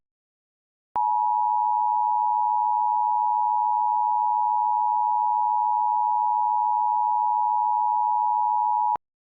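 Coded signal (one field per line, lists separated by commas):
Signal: Emergency Alert System (SAME) tones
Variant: 853 and 960 Hz attention tone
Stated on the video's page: Fictional EAS scenario, not a real alert.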